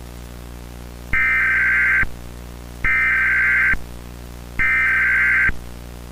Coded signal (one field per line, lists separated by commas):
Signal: Emergency Alert System (SAME) tones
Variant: header bursts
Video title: EAS mock: EAS but the TTS kept On Screwing up this alert. (2018)